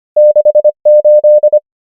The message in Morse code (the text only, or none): 6 8